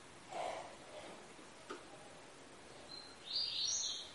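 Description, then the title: Double-collared seedeater song: a short, high, chattering phrase near the end over a steady background hiss. Tui-tui song style, fibra; a tutor song used for teaching young birds. "COLEIRO TUI TUI FIBRA"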